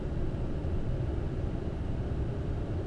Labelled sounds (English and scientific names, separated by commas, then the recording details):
none
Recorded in Germany
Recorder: ecoPi